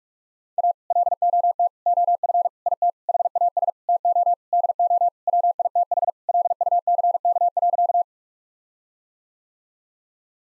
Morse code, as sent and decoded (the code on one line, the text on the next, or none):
.- / .-.. --- - / --- ..-. / .. - / .... .- ... / - --- / -.. --- / .-- .. - .... / .-.. ..- -.-. -.- .-.-.-
A LOT OF IT HAS TO DO WITH LUCK.